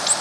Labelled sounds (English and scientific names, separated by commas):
Blue-winged Warbler (Vermivora cyanoptera) flight call